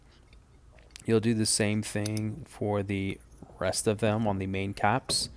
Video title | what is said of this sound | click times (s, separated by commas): (Project S13 Coupe) Assembling Built 2JZ Block | on the bottom of the bearing and it clicks right into that open recess there on the Block | 1.0 s